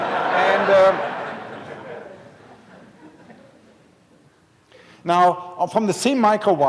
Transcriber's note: laughter